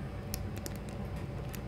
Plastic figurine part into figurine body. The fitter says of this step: c'est vrai que quand on les enclenche on sent quand même la qualité parce que ça s'enclenche